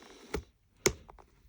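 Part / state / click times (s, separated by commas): cheek pad into helmet shell / seated / 0.9 s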